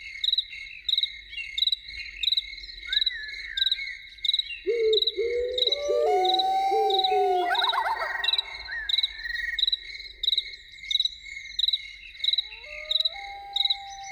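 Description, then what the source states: Loon wailing: a long, low, mournful note that swells and then climbs, followed later by a rising tone, over a steady pulsing chorus of crickets. Evening soundscape.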